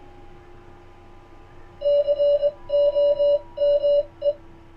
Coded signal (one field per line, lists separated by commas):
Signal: Morse code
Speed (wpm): 20 wpm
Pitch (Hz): 580 Hz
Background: none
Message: COME